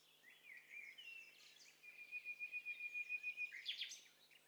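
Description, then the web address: Several birds singing at once, with mixed high chirps and slurred whistles and a fast, evenly pulsed series of notes running through the second half. Stereo; many birds singing at once. "Hi Fi STEREO BIRD COCKTAIL PARTY Challenge"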